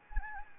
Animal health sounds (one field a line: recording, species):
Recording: mosquito wingbeat signal from an infrared sensor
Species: Anopheles gambiae